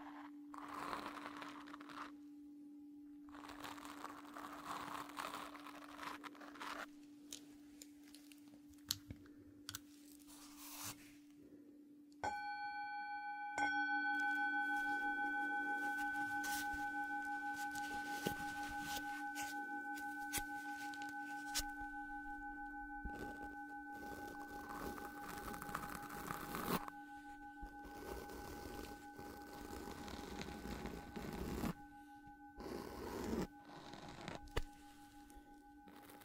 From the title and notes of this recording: Focus Tibetan Singing Bowl and Ear Brushing. ASMR Sounds Binaural Triggers Relaxing caresses on your ears with different brushes, foam and burlap during the tinkling of a Tibetan Bowl.